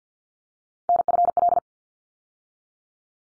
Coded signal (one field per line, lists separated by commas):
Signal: Morse code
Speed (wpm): 50 wpm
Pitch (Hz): 700 Hz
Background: none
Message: NFL